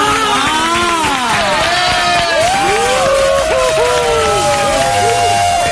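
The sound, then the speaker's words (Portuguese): An audience bursts into sustained, loud applause, mixed with a chorus of cheering and shouting voices that rise and fall throughout the roughly six seconds. “Foi o mais aplaudido.”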